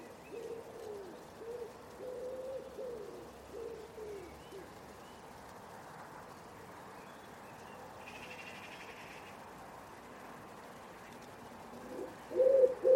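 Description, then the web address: Common Wood Pigeon cooing, a few soft low coos at first, then a quiet stretch, ending with louder coos. Bird-only recording from a 2025 soundscape bird dataset. "cianscape. Deverinetal"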